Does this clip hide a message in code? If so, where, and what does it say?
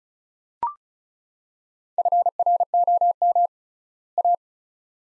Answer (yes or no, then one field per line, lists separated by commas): yes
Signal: Morse code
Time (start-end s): 2.0-4.3 s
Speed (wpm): 36 wpm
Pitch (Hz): 700 Hz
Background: none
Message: FROM A